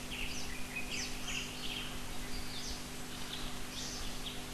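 Asian fairy-bluebird calls: short, high, sharp notes scattered throughout over a steady low hum and background noise.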